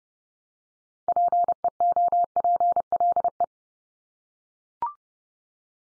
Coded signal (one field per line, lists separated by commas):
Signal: Morse code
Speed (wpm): 30 wpm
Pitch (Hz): 700 Hz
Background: none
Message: PEOPLE